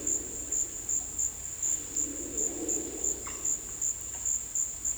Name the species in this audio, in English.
none